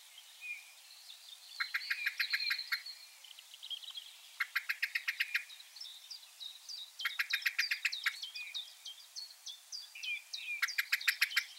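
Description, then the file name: Common blackbird chinking persistently in loud rattling bursts of rapid metallic notes, repeated several times, with other birds' song woven through. "Turdus merula"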